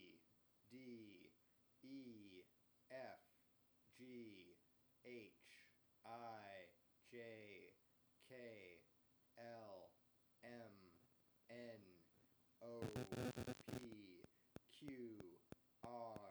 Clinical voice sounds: letters of the alphabet, spoken; free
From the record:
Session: first day, before the bite bar

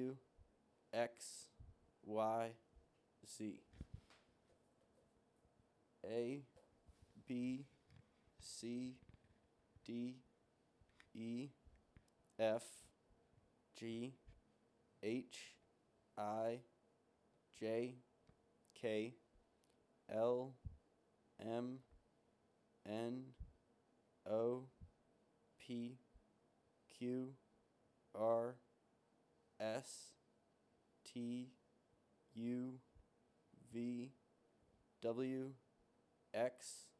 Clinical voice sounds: letters of the alphabet, spoken; free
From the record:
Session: seven days later

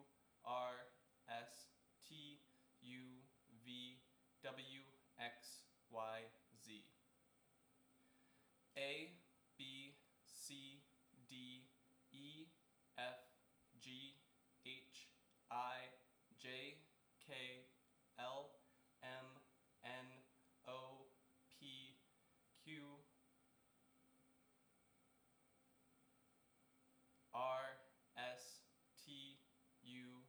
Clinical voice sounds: letters of the alphabet, spoken; free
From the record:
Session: seven days later

